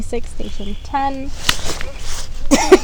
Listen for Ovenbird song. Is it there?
no